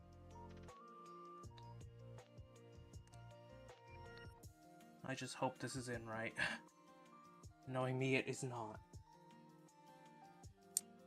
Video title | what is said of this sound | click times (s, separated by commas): Building a RG Hi-Nu Gundam | oh there it is I heard the snap | 10.8 s